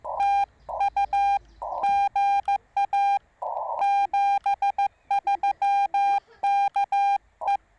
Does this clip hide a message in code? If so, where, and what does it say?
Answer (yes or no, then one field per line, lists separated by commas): yes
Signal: Morse code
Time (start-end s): 0.2-7.6 s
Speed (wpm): 15 wpm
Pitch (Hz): 810 Hz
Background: none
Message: TU GA 73 KE